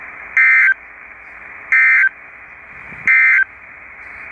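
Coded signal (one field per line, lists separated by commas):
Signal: Emergency Alert System (SAME) tones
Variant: end-of-message bursts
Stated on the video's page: Blizzard and winter storm warnings received on NOAA Weather Radio WXL78, northeast North Dakota.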